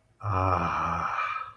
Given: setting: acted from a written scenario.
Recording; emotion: vocal sound without words; relief